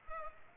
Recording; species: mosquito wingbeat signal from an infrared sensor; Culex pipiens